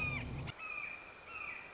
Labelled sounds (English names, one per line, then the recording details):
Red-shouldered Hawk
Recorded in Sonoma County, California